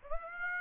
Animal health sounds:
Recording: mosquito wingbeat signal from an infrared sensor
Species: Aedes aegypti

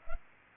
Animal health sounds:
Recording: mosquito wingbeat signal from an infrared sensor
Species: Culex pipiens

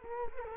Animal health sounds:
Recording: mosquito wingbeat signal from an infrared sensor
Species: Culex quinquefasciatus

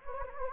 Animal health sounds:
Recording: mosquito wingbeat signal from an infrared sensor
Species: Anopheles gambiae

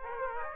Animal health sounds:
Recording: mosquito wingbeat signal from an infrared sensor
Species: Aedes aegypti

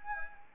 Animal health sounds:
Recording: mosquito wingbeat signal from an infrared sensor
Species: Anopheles arabiensis

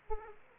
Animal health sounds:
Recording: mosquito wingbeat signal from an infrared sensor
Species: Aedes aegypti

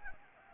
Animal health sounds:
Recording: mosquito wingbeat signal from an infrared sensor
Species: Anopheles gambiae

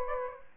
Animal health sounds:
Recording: mosquito wingbeat signal from an infrared sensor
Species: Aedes aegypti

